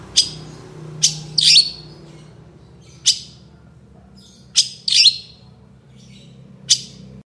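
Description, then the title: Long-tailed shrike singing sharp, scratchy high notes, single and in quick pairs, at uneven intervals, with a faint low hum underneath. Cendet singing loudly in the morning with varied toet toet sounds. "Cendet Gacor Dor Di Kala Pagi Toet Toet Variasi Suara"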